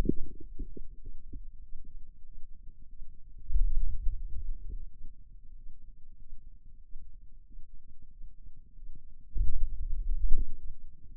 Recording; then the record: forearm muscle sounds (acoustic myography)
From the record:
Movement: pen grasping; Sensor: system 2, bracelet of six BSWA MPA416 microphones around the upper forearm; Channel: 3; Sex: male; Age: 22 years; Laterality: right